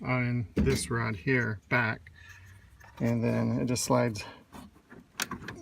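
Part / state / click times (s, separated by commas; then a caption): breaker-style surge protector into a load center bus / seated / 5.2 s. Someone talks while a breaker-style Murray whole-house surge protector, its bottom hooked into the panel's hooks, is fitted into a load center after the holding rod is pushed back. The fit is tight and hard to line up, and the unit is pressed onto the bus bar. It snaps into place with a sharp click at 5.2 s, followed by a few smaller clicks.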